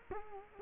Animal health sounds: mosquito wingbeat signal from an infrared sensor; Culex quinquefasciatus

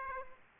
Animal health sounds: mosquito wingbeat signal from an infrared sensor; Aedes aegypti

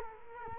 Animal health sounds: mosquito wingbeat signal from an infrared sensor; Culex quinquefasciatus

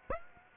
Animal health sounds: mosquito wingbeat signal from an infrared sensor; Aedes aegypti

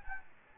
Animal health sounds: mosquito wingbeat signal from an infrared sensor; Anopheles gambiae

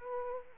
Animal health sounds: mosquito wingbeat signal from an infrared sensor; Anopheles arabiensis

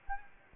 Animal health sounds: mosquito wingbeat signal from an infrared sensor; Anopheles gambiae

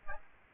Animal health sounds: mosquito wingbeat signal from an infrared sensor; Aedes albopictus

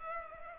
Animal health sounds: mosquito wingbeat signal from an infrared sensor; Culex pipiens

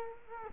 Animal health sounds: mosquito wingbeat signal from an infrared sensor; Culex quinquefasciatus

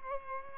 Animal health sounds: mosquito wingbeat signal from an infrared sensor; Culex pipiens

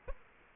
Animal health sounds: mosquito wingbeat signal from an infrared sensor; Culex quinquefasciatus

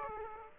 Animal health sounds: mosquito wingbeat signal from an infrared sensor; Aedes aegypti

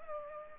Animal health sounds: mosquito wingbeat signal from an infrared sensor; Culex pipiens

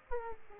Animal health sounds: mosquito wingbeat signal from an infrared sensor; Aedes aegypti

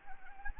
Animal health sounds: mosquito wingbeat signal from an infrared sensor; Anopheles gambiae

